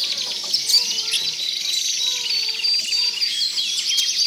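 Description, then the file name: Tropical birds sing over a high buzzing chorus, with several clear, low, level whistles repeated between rapid chirps and trills. "Authentic Sound Effects - Tropical Birds"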